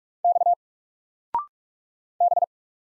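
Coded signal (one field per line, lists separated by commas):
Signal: Morse code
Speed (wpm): 44 wpm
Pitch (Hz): 700 Hz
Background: none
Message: X B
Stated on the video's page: Single letters in Morse at 45 wpm, each sent, spoken after a 0.6-second pause, then sent again, for instant character recognition.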